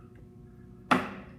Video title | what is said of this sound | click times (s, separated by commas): Milling Finding Hole Center | into gear make sure it clicks into place so you'll get that god-awful noise | 0.9 s